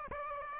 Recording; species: mosquito wingbeat signal from an infrared sensor; Aedes aegypti